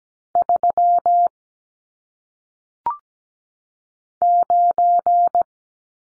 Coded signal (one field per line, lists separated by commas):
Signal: Morse code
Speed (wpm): 17 wpm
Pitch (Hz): 700 Hz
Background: none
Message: 3 9